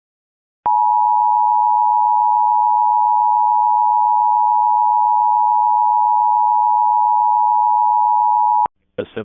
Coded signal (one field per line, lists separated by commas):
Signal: Emergency Alert System (SAME) tones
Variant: 853 and 960 Hz attention tone